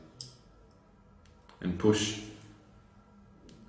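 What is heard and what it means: A battery connector is put back into the housing of a wireless EMG sensor probe and pushed until it clicks into place. A sharp click is heard at 0.2 s, followed by fainter ticks, and someone talks. The connector is seated.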